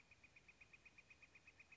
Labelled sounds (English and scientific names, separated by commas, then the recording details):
Northern Flicker (Colaptes auratus)
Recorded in Sonoma County, California